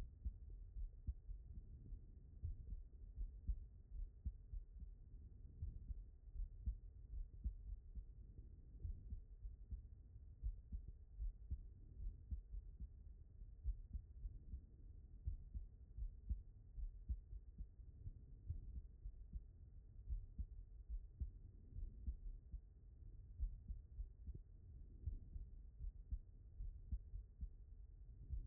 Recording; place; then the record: heart sounds by stethoscope; aortic valve (AV)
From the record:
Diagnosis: non-HFrEF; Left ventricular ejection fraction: 56%